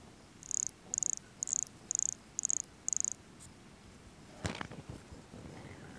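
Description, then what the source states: Brachycephalus sulfuratus calls in a steady run of six high-pitched buzzy pulsed notes, followed by a dull thump and some rustling. Recorded near Jurupara dam on 29 September 2016; calling individual vouchered as specimen MHNCI 10791 or 10792.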